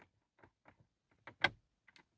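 A 2013 Volvo XC90 glovebox lid in the car dashboard is pressed gently closed, with faint taps and rattles leading up to a sharp latch click at 1.5 s. The click seems to close it, but the latch has caught only on the first of its two clicks, so a thump underneath makes the lid come open.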